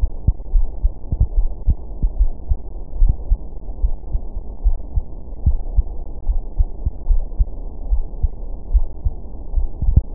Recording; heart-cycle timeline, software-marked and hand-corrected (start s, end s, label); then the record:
heart sounds
0.00	0.10	S2
0.10	0.52	diastole
0.52	0.66	S1
0.66	0.82	systole
0.82	0.92	S2
0.92	1.36	diastole
1.36	1.50	S1
1.50	1.68	systole
1.68	1.76	S2
1.76	2.18	diastole
2.18	2.30	S1
2.30	2.48	systole
2.48	2.58	S2
2.58	3.00	diastole
3.00	3.16	S1
3.16	3.30	systole
3.30	3.38	S2
3.38	3.82	diastole
3.82	3.94	S1
3.94	4.12	systole
4.12	4.22	S2
4.22	4.64	diastole
4.64	4.76	S1
4.76	4.94	systole
4.94	5.04	S2
5.04	5.46	diastole
5.46	5.58	S1
5.58	5.76	systole
5.76	5.86	S2
5.86	6.28	diastole
6.28	6.42	S1
6.42	6.58	systole
6.58	6.68	S2
6.68	7.08	diastole
7.08	7.22	S1
7.22	7.38	systole
7.38	7.48	S2
7.48	7.90	diastole
7.90	8.04	S1
8.04	8.22	systole
8.22	8.32	S2
8.32	8.72	diastole
8.72	8.86	S1
8.86	9.04	systole
9.04	9.14	S2
9.14	9.54	diastole
9.54	9.66	S1
9.66	9.82	systole
9.82	9.94	S2
9.94	10.14	diastole
From the record:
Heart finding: coronary artery disease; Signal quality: good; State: rest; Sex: female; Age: 65 years